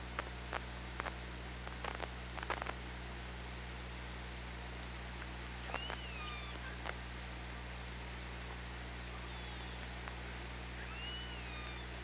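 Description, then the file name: Killer whale calls, soft curving tones around the middle and near the end, after a few early clicks, all over a steady hiss and hum. OrcaLab hydrophone, 24 August 2017, 15:51. "Orca Lab UTLN JASON 20170824 155132"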